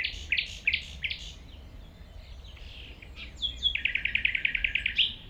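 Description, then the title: Common nightingale song: rapid repeated buzzy notes, a pause, then a fast rattling trill of evenly spaced notes near the end, with low background rumble. Recorded at 195 Rue de Vars, Chindrieux, France, approaching the singing nightingale on foot through tall grass; it ignores outside noise while singing. "195 Rue de Vars, 73310 Chindrieux, France - approche d'un rossignol"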